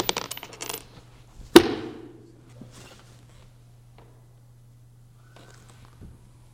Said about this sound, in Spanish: Ahí te dejo las llaves, el cambio.